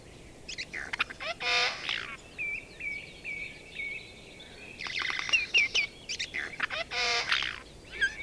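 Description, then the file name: Eurasian jay calling with grating, buzzy rasps in two clusters, separated by a run of thin, repeated whistled notes. "Garrulus glandarius"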